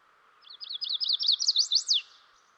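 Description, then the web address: Chestnut-sided warbler singing one quick phrase of high, bright repeated notes rising in loudness and ending with an accented drop, about one and a half seconds long. "Dan Gibson Wildlife Identification By Sound, Eastern North America Pt 1. Chestnut-Sided Warbler"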